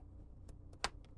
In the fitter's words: it's going to snap in place.